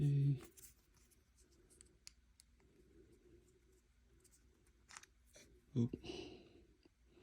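Someone talks while handling the two ends of a leather Single Tour Vert Rousseau watch band at the band slots of an Apple Watch Series 8 Hermès Edition 45 mm case. Faint ticks and handling noises occur around 1.8, 2.1, 2.4 and 5.0 seconds. The clip ends before the band goes home, so nothing has seated or clicked into place yet.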